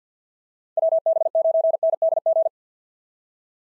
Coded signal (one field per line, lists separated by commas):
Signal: Morse code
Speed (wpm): 46 wpm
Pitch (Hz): 660 Hz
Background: none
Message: WB9NDG